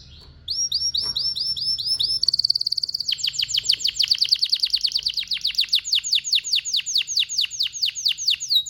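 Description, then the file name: Canary song: repeated downward-sweeping notes building into a long, fast, rolling trill of many rapid strokes. "طائر الكناري (اشهر طيور بصوت عذب)"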